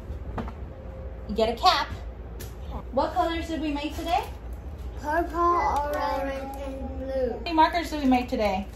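A handle-style clamp on a Crayola kids' marker-making kit is squeezed to press the plug and cap onto a homemade plastic marker, giving two sharp clicks at 0.4 s and 0.5 s as the plug and cap seat. Afterward someone talks.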